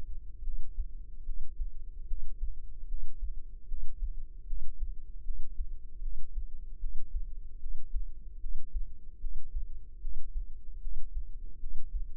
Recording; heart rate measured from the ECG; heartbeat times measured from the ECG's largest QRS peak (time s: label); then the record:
heart sounds by microphone in the left ear; 75 bpm
0.43 s: heartbeat
1.24 s: heartbeat
2.07 s: heartbeat
2.87 s: heartbeat
3.67 s: heartbeat
4.46 s: heartbeat
5.24 s: heartbeat
6.01 s: heartbeat
6.79 s: heartbeat
7.59 s: heartbeat
8.39 s: heartbeat
9.20 s: heartbeat
10.00 s: heartbeat
10.80 s: heartbeat
11.59 s: heartbeat
From the record:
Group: healthy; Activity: breath hold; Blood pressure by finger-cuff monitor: 101/64 mmHg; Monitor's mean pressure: 74 mmHg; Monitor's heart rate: 75 bpm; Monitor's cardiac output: 6.3 L/min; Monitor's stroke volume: 83 mL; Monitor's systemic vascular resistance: 850 dyn s/cm5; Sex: female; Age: 19 years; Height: 163 cm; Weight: 48.9 kg